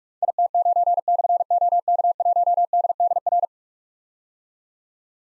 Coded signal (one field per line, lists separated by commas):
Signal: Morse code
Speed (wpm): 44 wpm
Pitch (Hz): 700 Hz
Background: none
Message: IT9/OK1DDR